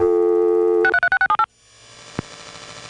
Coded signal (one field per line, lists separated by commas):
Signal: DTMF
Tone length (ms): 80 ms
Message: 63678